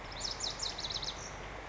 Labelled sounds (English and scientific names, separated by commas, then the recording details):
Lazuli Bunting (Passerina amoena)
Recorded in Sonoma County, California